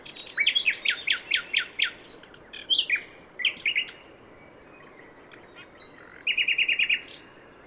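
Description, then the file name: Common nightingale song: a run of rich repeated notes, then varied chirps, a pause, then a fast rattling trill of identical notes. "Luscinia megarhynchos"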